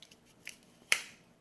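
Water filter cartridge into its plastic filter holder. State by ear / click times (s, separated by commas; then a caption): seated / 0.9 s. A rinsed charcoal water filter cartridge, set on its plastic holder in a Keurig K575, is pushed back into place. Faint handling taps come before a small tick at 0.5 s. One sharp, bright click at 0.9 s shows the filter has seated in its holder.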